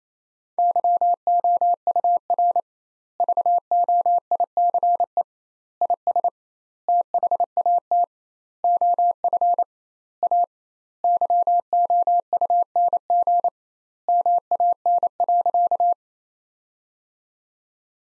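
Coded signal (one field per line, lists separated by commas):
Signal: Morse code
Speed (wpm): 28 wpm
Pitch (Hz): 700 Hz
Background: none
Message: YOUR VOICE IS THAT OF A YOUNG MAN.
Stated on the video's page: Morse practice sentences at 28 wpm with twice standard word spacing, a Farnsworth-like method.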